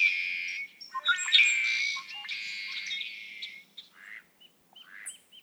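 Red-winged blackbird delivering a long harsh trill with clicking accents, trailing off into soft scattered chips and brief whistled notes.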